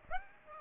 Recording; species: mosquito wingbeat signal from an infrared sensor; Aedes aegypti